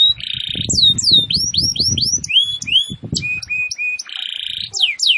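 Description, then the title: Canary song, a fast varied run of bright whistled sweeps, buzzy trills and steady held notes, with soft low thumps underneath. Singing vigorously, described in Indonesian as 'gacor'. "Kenari Gacor"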